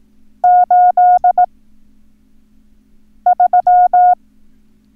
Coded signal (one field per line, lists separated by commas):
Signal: Morse code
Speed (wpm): 18 wpm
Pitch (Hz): 720 Hz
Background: none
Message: 83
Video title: Learn Morse Code - Numbers - Lesson 4